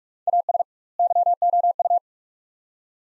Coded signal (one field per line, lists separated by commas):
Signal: Morse code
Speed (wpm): 46 wpm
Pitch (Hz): 700 Hz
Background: none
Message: AS YOU